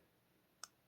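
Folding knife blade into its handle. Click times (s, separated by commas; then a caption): 0.6 s. A folding knife blade is folded one-handed into its handle. After a quiet stretch, a single sharp click sounds at 0.6 s. The blade snaps into place as if a magnet were holding it, and it is seated.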